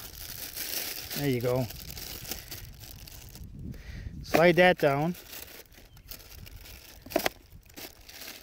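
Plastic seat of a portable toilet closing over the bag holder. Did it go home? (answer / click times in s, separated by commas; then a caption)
yes / 7.3 s. Someone talks while a waste bag is slid to the front of a portable outdoor toilet (an intaprivy), with light crinkling and small ticks. The plastic seat/lid is then pushed down over the bag holder and snaps shut into place with a sharp click at 7.3 s.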